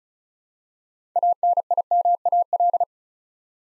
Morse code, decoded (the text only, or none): ANIMAL